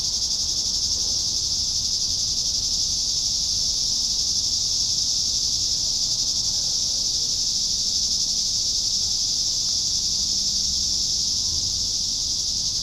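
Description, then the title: Long stretch of cicada chorus, a constant piercing high drone that never pauses, with quiet low rumbling noise underneath. "neoscenes: cicadas"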